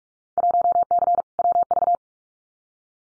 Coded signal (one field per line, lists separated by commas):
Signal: Morse code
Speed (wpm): 46 wpm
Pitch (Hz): 700 Hz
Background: none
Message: 1C WV